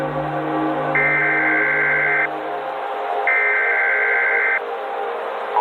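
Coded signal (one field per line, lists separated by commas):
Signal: Emergency Alert System (SAME) tones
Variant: header bursts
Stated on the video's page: Fictional EAS scenario / analog horror mock alert.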